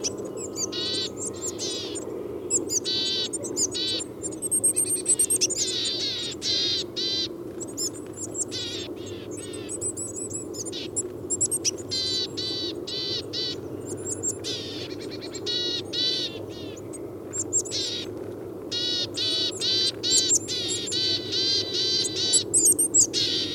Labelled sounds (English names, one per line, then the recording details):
Willow Tit call
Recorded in the wild
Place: Groß Nemerow, Mecklenburg-Vorpommern, DE
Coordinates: 53.448, 13.219
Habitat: Forest
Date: 1982-03-24 08:45
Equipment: Nagra III BH, Sennheiser MD 21, parabola
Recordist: Schubert, Michael